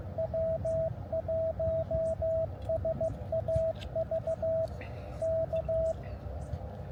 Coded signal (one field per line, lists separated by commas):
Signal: Morse code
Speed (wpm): 15 wpm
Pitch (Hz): 650 Hz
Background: radio noise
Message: W1SAV K